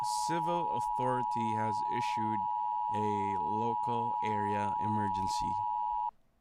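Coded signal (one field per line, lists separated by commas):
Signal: Emergency Alert System (SAME) tones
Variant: 853 and 960 Hz attention tone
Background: speech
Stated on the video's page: EAS tones from an analog horror EAS scenario, fictional.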